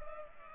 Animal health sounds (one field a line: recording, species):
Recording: mosquito wingbeat signal from an infrared sensor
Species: Culex pipiens